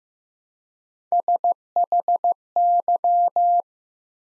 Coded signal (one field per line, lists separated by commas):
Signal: Morse code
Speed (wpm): 15 wpm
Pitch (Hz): 700 Hz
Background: none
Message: SHY